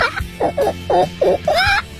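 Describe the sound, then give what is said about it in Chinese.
A person with a slight summer cold imitates a very excited, anxious hen about to lay an egg, with a quick series of five short, hoarse clucks, the last one stretched into a rising squawk, all fairly loud and hurried. “如果是一只很兴奋的，马上就要下蛋，很急促，心情很焦躁的鸡呢？”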